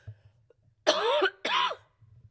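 Two short, voiced coughs in quick succession from an adult woman, in a quiet room.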